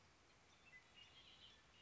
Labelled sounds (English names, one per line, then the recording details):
Red-winged Blackbird
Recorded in Sonoma County, California